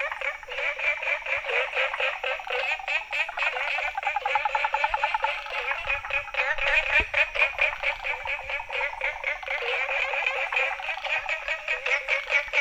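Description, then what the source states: Frog calling in a steady, throbbing run of fast rattled croaks, with one brief low thump partway through. Recorded 19 May 2018, between 18:00 and 20:00.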